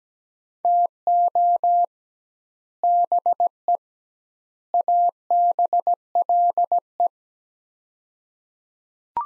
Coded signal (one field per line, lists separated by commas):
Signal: Morse code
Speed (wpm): 17 wpm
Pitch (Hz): 700 Hz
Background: none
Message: TO BE ABLE